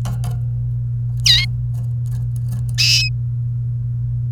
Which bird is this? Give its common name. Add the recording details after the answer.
Domestic Canary. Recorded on 28 April 2018 at 11:17. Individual llb3